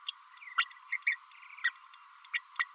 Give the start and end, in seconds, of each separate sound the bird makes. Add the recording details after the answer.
0.08-0.13, 0.57-0.65, 0.92-0.98, 1.07-1.16, 2.33-2.40. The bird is a female. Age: 30 days. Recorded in a nest box in Venezuela. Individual 17B32A5